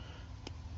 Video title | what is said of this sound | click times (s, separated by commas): SUP-LIGHT Fog Lights Install 2012 JK Unlimited Wrangler | all you can do is push it in until it clicks you just heard it click now everything's solid | 0.5 s